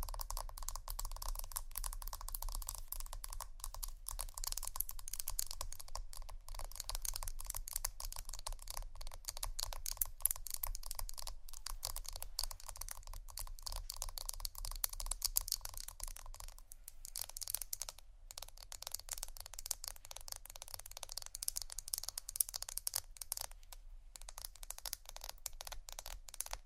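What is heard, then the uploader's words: Fast tapping and scratching runs without pause for the whole clip, a dense stream of tiny crisp clicks like rapid typing. A steady low rumble sits underneath, and the texture thins briefly around 11, 18 and 24 seconds before picking up again. ASMR Fast Tapping & Scratching （No Talking）.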